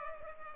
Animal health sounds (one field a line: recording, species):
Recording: mosquito wingbeat signal from an infrared sensor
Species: Culex pipiens